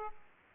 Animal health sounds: mosquito wingbeat signal from an infrared sensor; Aedes aegypti

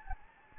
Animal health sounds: mosquito wingbeat signal from an infrared sensor; Anopheles gambiae

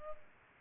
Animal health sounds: mosquito wingbeat signal from an infrared sensor; Culex pipiens

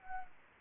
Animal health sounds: mosquito wingbeat signal from an infrared sensor; Anopheles arabiensis

